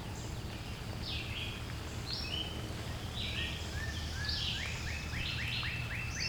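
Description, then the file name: Birdsong: scattered whistled and descending phrases, then a quick run of repeated chirps near the end, all over a constant low-pitched background rumble. "Relaxing Sounds Lab - Birds Singing"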